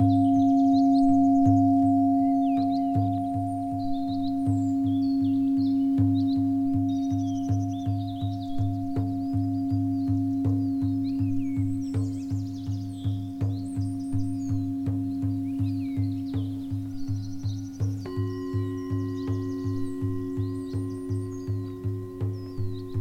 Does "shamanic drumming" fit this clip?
yes